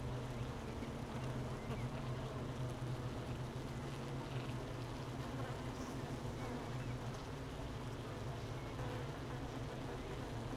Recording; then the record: honeybee colony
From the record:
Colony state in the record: missing queen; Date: 31 May 2018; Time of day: 13:00